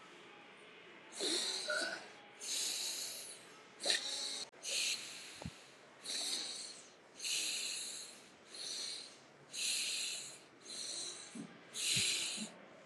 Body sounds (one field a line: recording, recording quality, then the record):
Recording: deep breathing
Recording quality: excellent, no background noise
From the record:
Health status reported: respiratory illness, not identified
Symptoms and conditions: asthma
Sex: male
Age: 23 years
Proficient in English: yes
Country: India